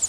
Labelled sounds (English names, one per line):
Northern Parula flight call